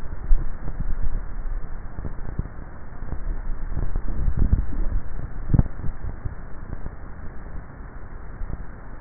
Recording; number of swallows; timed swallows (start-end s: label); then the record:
swallowing sounds by neck microphone; 1
4.15-4.98 s: swallow
From the record:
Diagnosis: dysphagia